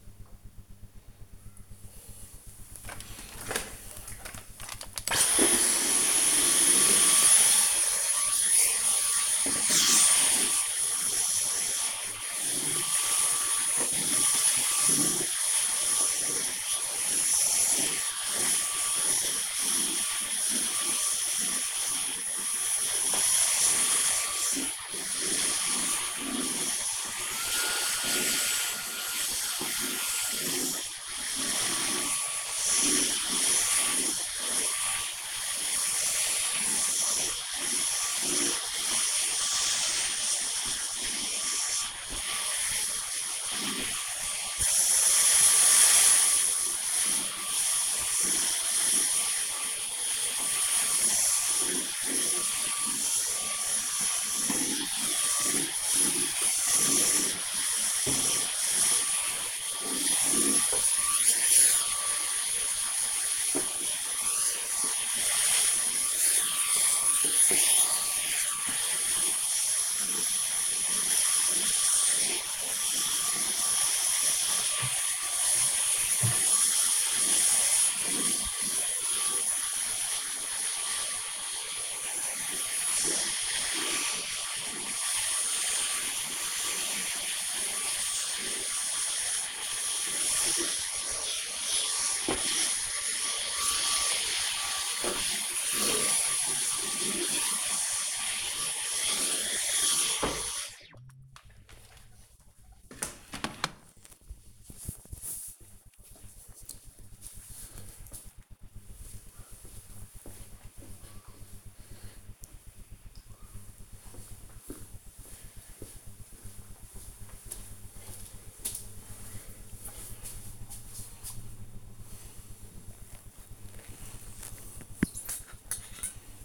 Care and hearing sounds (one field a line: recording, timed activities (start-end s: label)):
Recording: household activities, microphone on the right wrist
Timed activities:
2.26-100.07 s: vacuum cleaning
122.27-126.45 s: drinking